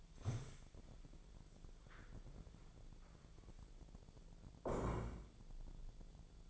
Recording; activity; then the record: daily activity, microphone in the room; stand up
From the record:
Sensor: 5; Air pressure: 1000.5 hPa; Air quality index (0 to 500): 148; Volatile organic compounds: 2 ppm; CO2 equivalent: 1145 ppm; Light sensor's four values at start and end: 48/113/47/50 and 48/112/47/49